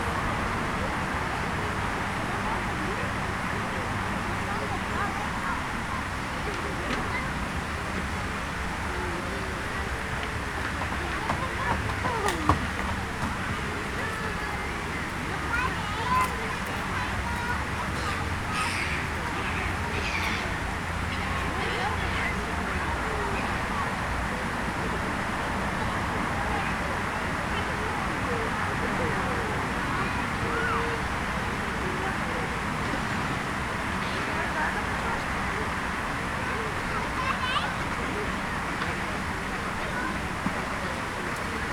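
Children play in a city centre park in the evening, their voices a steady, dense murmur. A constant low rumble of traffic runs underneath, with a few brighter shouts and calls rising between about twelve and twenty-two seconds.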